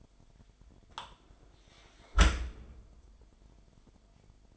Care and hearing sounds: daily activity, microphone in the room; close dishwasher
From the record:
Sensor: 5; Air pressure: 998.4 hPa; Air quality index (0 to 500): 84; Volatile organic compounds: 1 ppm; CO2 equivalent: 962 ppm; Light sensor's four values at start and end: 20/48/20/22 and 20/48/20/22

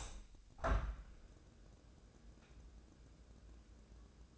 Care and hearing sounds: daily activity, microphone in the room; open window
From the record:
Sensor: 2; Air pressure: 1012.1 hPa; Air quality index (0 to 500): 104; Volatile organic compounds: 1 ppm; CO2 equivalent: 786 ppm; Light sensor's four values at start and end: 112/267/110/110 and 112/267/111/110

